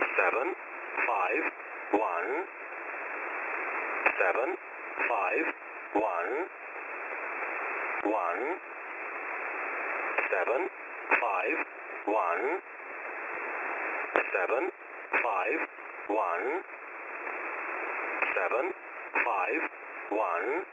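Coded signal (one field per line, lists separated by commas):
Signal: numbers station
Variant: E07, English male voice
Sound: male voice reading digits "seven five one" repeatedly, then "one", over shortwave hiss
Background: radio static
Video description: The callup is "751 751 751 1". The "751" is the slot ID and the "1" indicates that there will be a message sent.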